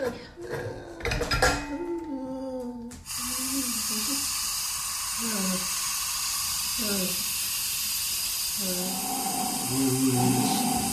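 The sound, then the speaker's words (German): A steady, broad hiss of oxygen flowing for someone's breathing starts a few seconds in and runs unbroken to the end, while voices talk intermittently over it. “Ja, ich hole sie ja schon. Den Sauerstoff,”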